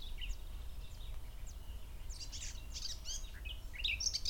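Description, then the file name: Eurasian blackcap song, a soft, hurried warble of high scratchy and whistled notes running on throughout, over background noise. "Sylvia atricapilla"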